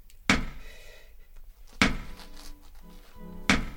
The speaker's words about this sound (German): Seit Stunden klopfe ich jetzt hier vergeblich an diese Mauer.